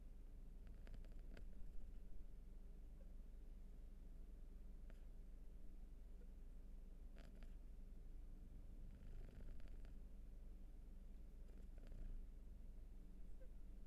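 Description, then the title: Cat purring, an even low buzzing rumble throughout, with occasional soft rustles and breathy swells. Purring; raw field recording. "Purrathon"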